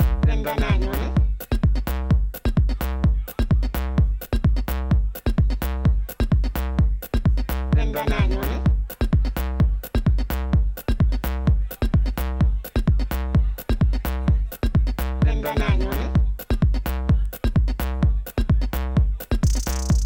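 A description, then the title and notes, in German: A soundscape from Jesendorf dominated by a steady, fast pulsing beat, about three thumps a second, with heavy low booming under layered steady tones. Around 1, 8 and 15 seconds a wavering higher passage rises over it, and a bright hiss enters at the end. Klangkulisse Jesendorf.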